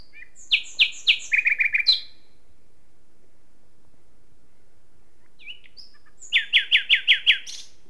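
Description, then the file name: Common nightingale song: loud repeated notes accelerating into a rapid stutter, a long pause, then a steady series of six strong repeated notes. "Luscinia megarhynchos"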